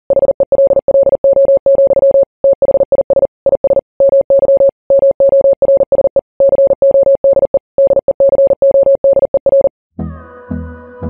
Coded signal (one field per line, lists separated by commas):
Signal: Morse code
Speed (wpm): 40 wpm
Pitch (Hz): 550 Hz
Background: music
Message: HELLO, THIS IS MY MORSE CODE DECODER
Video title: Minecraft | Morse code decoder